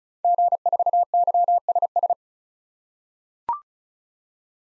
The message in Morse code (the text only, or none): G4YSS